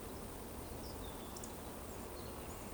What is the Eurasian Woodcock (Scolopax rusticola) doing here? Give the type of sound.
whistle